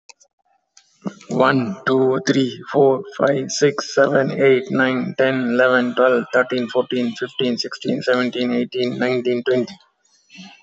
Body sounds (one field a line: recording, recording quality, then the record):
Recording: counting at a fast pace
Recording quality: excellent, no background noise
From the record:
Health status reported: healthy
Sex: male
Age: 57 years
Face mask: not worn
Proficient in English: yes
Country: India